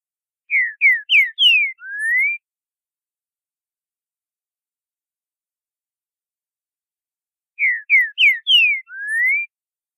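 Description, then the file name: Green-winged saltator song: four short, clear, falling whistled notes followed by a long rising whistle, the phrase given twice about seven seconds apart in otherwise silent air. Song style called boiadeiro. "trinca ferro boiadeiro"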